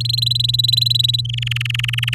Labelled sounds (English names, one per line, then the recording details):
Domestic Canary song
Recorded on 10 May 2018 at 15:54
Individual llb16